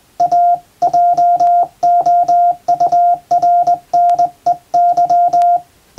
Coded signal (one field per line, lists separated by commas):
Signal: Morse code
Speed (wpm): 20 wpm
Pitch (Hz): 700 Hz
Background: none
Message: A JOURNEY